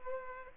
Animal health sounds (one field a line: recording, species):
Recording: mosquito wingbeat signal from an infrared sensor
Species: Culex pipiens